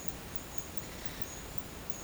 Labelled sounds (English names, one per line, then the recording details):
none
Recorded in dense forest near Puerto Asís, Putumayo, Colombia, on 22 December 2024 at 11:30
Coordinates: 0.484, -76.317
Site G026